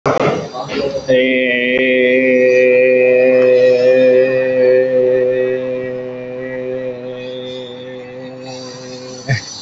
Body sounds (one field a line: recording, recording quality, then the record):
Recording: sustained vowel as in made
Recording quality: excellent, no background noise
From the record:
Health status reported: healthy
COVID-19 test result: negative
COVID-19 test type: RT-PCR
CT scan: not taken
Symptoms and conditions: none ticked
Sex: male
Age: 23 years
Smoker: no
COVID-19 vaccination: one dose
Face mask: not worn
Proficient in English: yes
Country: India